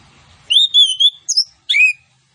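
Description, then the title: Orange-headed thrush song: a short sequence of clear, sustained warbled whistles and a downward-sliding note, following faint low background noise. Lively song with full fill-in phrases, including cililin-style 'tembakan' bursts. "Anis Kembang Gacor. MASTERAN ANIS KEMBANG ISIAN FULL DENGAN TEMBAKAN CILILIN"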